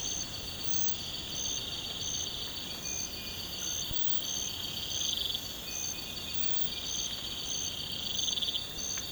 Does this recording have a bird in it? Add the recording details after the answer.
no. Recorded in pastures near Puerto Asís, Putumayo, Colombia, on 12 March 2025 at 04:30. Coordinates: 0.472, -76.329. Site G074